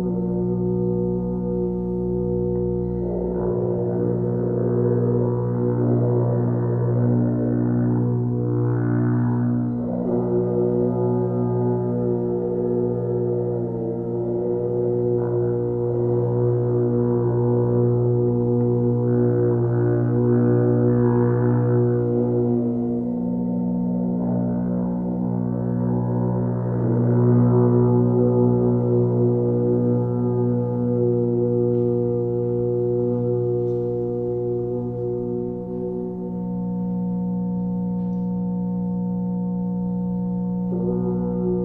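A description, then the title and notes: Earth horns sound over a steady electronic drone, the low hum holding constant throughout. Deep, sustained horn tones swell and fade in overlapping waves, rising in strength around 5–10 and 18–28 seconds. A bright ringing edge, like a gong or bowl, lingers on top. Earth Horns with Electronic Drone.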